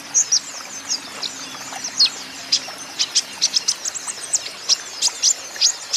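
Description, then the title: Van Hasselt's sunbird song, high, sharp chirps repeated at fairly regular intervals, with faint thin twitters between. Young green-plumaged (ijoan) konin singing constantly (gacor), used as lure and therapy for untrained caged konin so they answer back. "KOLIBRI NINJA KONIN IJOAN GACOR COCOK UNTUK PANCINGAN TERAPI KONIN BAHAN PASTI NYAUT"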